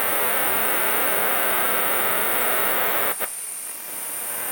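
Cicada (Cicadetta brevipennis): cicada giving an even, intense hissing buzz for about three seconds before it drops away, followed by a softer buzzing return.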